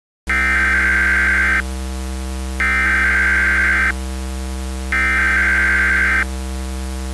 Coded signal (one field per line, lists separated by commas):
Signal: Emergency Alert System (SAME) tones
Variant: header bursts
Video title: Minneapolis Massacre (SB LII EAS Scenario)